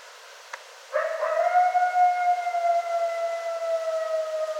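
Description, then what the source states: Coyote howl: after a click, a long harmonic howl holds steady and then slowly falls, lasting to the end. Recorded 24 January 2013; coyotes.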